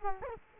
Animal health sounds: mosquito wingbeat signal from an infrared sensor; Culex quinquefasciatus

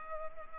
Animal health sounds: mosquito wingbeat signal from an infrared sensor; Culex pipiens

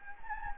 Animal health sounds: mosquito wingbeat signal from an infrared sensor; Anopheles gambiae

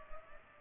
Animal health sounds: mosquito wingbeat signal from an infrared sensor; Culex pipiens

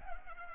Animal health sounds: mosquito wingbeat signal from an infrared sensor; Culex pipiens

